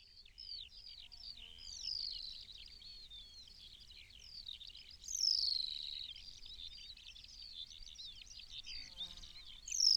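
New Zealand pipit calls: a few piercing downslurred notes standing out from a busy, steady stream of high twittering notes.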